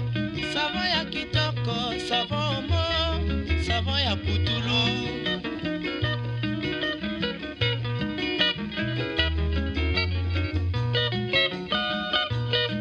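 Congolese rumba plays at a steady, full level throughout, driven by a deep bass line that shifts between notes every second or so. Busy, interlocking guitar lines ripple above it, with brisk, regular percussion taps keeping a constant dance pulse.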